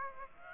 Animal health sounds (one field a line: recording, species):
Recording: mosquito wingbeat signal from an infrared sensor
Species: Aedes aegypti